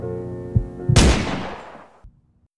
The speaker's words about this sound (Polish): Padł też strzał.